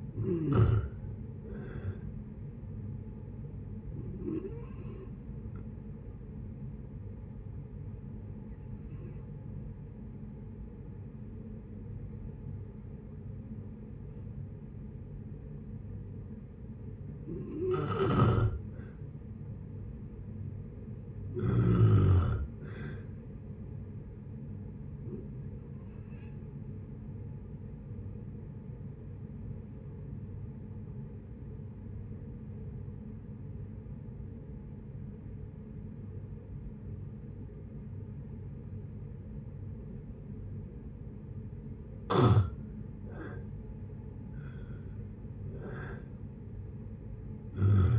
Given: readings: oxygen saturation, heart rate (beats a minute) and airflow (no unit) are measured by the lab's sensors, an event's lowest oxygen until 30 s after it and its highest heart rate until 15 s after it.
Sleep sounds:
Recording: breathing in sleep by a smartphone at the bedside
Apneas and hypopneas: 2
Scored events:
4.00-17.80 s: hypopnea (N2, oxygen 94% highest, then 91% lowest, heart rate 71 at the start, 72 highest)
31.00-43.30 s: obstructive apnea (N2, oxygen 94% highest, then 84% lowest, heart rate 68 at the start, 73 highest)
From the record:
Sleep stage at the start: N2 (light sleep)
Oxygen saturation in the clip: 89 to 95%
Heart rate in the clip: 60 to 72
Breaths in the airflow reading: 8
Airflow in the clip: -7.8 to 7.6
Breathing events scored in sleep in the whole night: 496 in 5.4 hours asleep

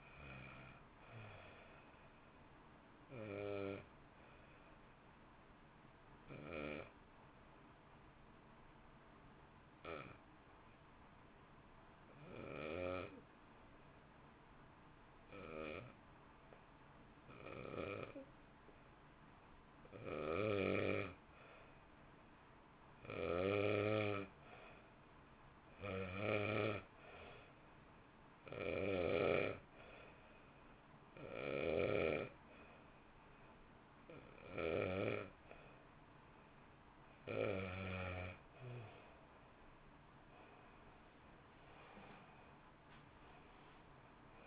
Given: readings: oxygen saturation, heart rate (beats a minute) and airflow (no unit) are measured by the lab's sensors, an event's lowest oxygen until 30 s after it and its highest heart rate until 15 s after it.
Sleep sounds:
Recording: breathing in sleep by a voice recorder at the bedside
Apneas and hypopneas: 1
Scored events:
4.00-34.00 s: new sleep stage, N2 (light sleep)
7.00-23.00 s: hypopnea (N2, oxygen 92% highest, then 84% lowest, heart rate 55 at the start, 60 highest)
34.00-44.47 s: new sleep stage, N1 (lightest sleep)
From the record:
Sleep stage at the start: N1 (lightest sleep)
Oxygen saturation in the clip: 83 to 92%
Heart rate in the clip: 51 to 64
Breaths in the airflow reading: 14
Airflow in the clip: -1.3 to 1.5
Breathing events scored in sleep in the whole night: 328 in 6.3 hours asleep

